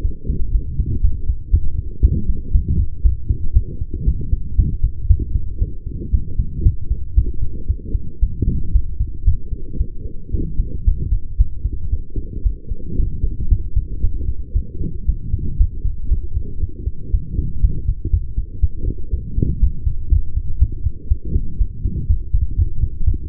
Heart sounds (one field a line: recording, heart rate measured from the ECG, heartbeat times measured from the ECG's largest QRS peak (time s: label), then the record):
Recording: heart sounds by stethoscope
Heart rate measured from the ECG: 117 bpm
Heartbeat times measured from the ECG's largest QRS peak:
0.02 s: heartbeat
0.52 s: heartbeat
1.02 s: heartbeat
1.51 s: heartbeat
2.02 s: heartbeat
2.53 s: heartbeat
3.03 s: heartbeat
3.54 s: heartbeat
4.05 s: heartbeat
4.57 s: heartbeat
5.08 s: heartbeat
5.59 s: heartbeat
6.12 s: heartbeat
6.64 s: heartbeat
7.15 s: heartbeat
7.67 s: heartbeat
8.21 s: heartbeat
8.73 s: heartbeat
9.25 s: heartbeat
9.78 s: heartbeat
10.32 s: heartbeat
10.85 s: heartbeat
11.38 s: heartbeat
11.90 s: heartbeat
12.44 s: heartbeat
12.97 s: heartbeat
13.50 s: heartbeat
14.01 s: heartbeat
14.53 s: heartbeat
15.06 s: heartbeat
15.58 s: heartbeat
16.09 s: heartbeat
16.60 s: heartbeat
17.12 s: heartbeat
17.62 s: heartbeat
18.11 s: heartbeat
18.61 s: heartbeat
19.11 s: heartbeat
19.61 s: heartbeat
20.10 s: heartbeat
20.59 s: heartbeat
21.09 s: heartbeat
21.59 s: heartbeat
22.08 s: heartbeat
22.56 s: heartbeat
23.05 s: heartbeat
From the record:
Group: healthy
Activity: light exercise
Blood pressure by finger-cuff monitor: 122/86 mmHg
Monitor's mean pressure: 97 mmHg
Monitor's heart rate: 116 bpm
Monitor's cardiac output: 8.3 L/min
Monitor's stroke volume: 71 mL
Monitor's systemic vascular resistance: 870 dyn s/cm5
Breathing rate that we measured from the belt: 28 breaths a minute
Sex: female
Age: 23 years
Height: 160 cm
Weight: 50.4 kg